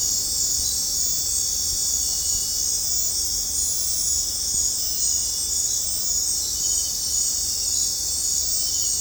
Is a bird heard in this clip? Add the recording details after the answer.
no. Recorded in dense forest near Puerto Asís, Putumayo, Colombia, on 20 December 2024 at 20:00. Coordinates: 0.466, -76.327. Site G075